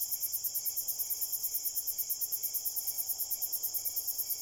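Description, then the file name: Cricket chorus: rapid, regular high chirps pulsing several times a second over a constant shrill background hum. Crickets at night in a cornfield. "Crickets, Night, Cornfield, Shaker"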